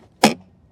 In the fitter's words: click locked into place